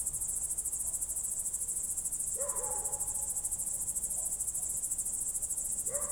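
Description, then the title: Cricket song forms a continuous high shimmering pulse throughout, with two brief lower falling calls breaking in. Night crickets outside the window, heard from bed late in the evening, Goworów, Poland, night of 18 July 2022, World Listening Day; recorded on Zoom F4 with AT BP4025. "Goworów 6, 57-515, Poland - World Listening Day/Night 18/07/2022-night crickets"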